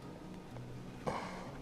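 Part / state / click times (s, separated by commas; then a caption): key fob plastic shell halves closing over the battery / not seated / none. After the coin battery is replaced, the two plastic halves of a Jeep key fob shell are being squeezed back together over the battery. Handling noises sound over a steady low hum, with a faint tick near 0.6 seconds and a louder, brief rustling burst around 1.1 seconds. The halves have not yet snapped closed, and nothing has seated or clicked.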